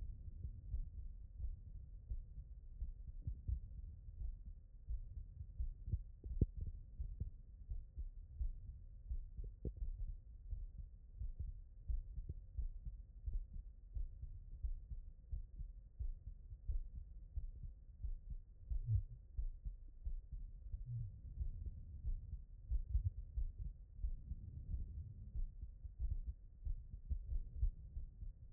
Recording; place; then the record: heart sounds by stethoscope; tricuspid valve (TV)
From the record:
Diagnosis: non-HFrEF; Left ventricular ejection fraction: 62%